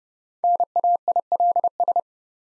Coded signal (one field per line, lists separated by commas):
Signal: Morse code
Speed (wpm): 30 wpm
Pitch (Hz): 700 Hz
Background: none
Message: NAILS